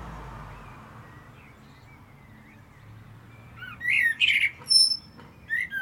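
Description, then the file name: Common blackbird song: a short phrase of whistled and squeaky notes in the last two seconds after a quiet stretch. "Turdus merula"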